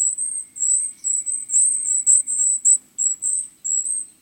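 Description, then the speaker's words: Golden-crowned Kinglet giving very high, thin, silvery call notes in quick irregular bursts, several short phrases, with a faint steady tone beneath. Thin, silvery calls from the forest in winter. "These thin, silvery calls coming from the forest belong to a survivor, the golden-crowned kinglet."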